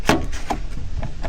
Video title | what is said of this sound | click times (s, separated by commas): Cape York Begins! Full Time Van Life in the Daintree - 184 | There it is. There. I've just clicked it in now. | 0.1 s